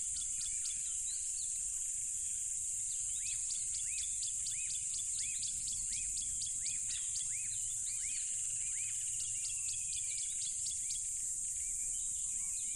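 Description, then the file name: Crickets keep up an intense, even high-pitched trill with quick rising-falling chirps repeated in rapid series. Loud crickets beside a tropical river. "smartsound ATMO NATURE Tropical River Loud Crickets"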